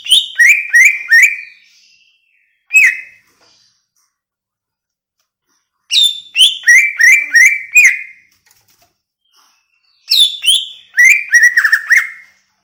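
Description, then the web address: Greater green leafbird song in bursts of several quick downslurred whistled notes, separated by short pauses. Song of a greater green leafbird from Banyuwangi, described as gacor, meaning singing loudly and continuously. "cucak-ijo suara-cucak-ijo-banyuwangi-gacor"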